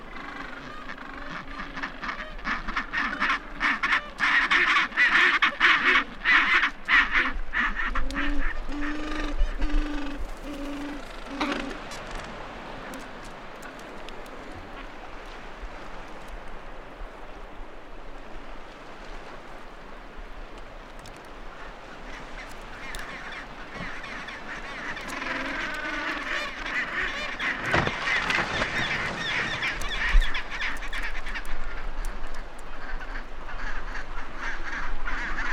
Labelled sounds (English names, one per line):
Gentoo Penguin call